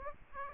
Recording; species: mosquito wingbeat signal from an infrared sensor; Aedes aegypti